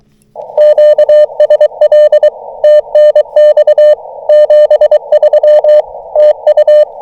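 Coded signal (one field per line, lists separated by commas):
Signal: Morse code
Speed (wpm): 23 wpm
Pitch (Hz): 600 Hz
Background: none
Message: QSL TNX 73 TU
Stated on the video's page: SOTA/POTA summit and park activation, FTX-1F at 10W, RHM12 antenna, 40m and 2m, BaMaKeY TP-III paddle.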